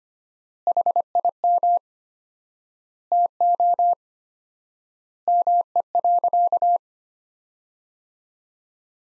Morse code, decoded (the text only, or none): HIM TO ME.